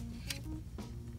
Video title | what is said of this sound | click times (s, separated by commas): GAZE CAR WIDE H - The Best Car Mount for Galaxy Z Fold 2 & Large Phones | and here we go we got it facing us let's get it locked into place | 0.3 s